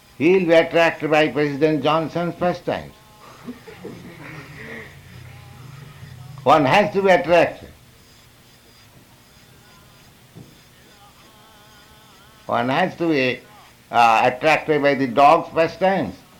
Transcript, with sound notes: he will be attracted by President Johnson's pastimes. [laughter] One has to be attracted. One has to be attracted by the dog's pastimes.